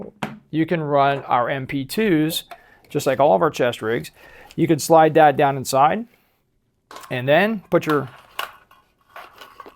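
Someone talks while handling a 5.56 rifle magazine and a polymer magazine retention insert inside a fabric chest rig pouch, followed by a few short handling knocks and rustles near the end. The magazine has not yet been pushed down into the insert, and nothing has seated or clicked yet.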